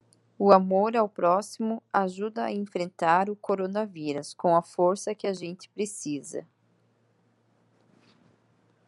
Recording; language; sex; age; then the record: spoken sentence; Brazilian Portuguese; female; 30 to 39 years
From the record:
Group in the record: control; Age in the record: 38 years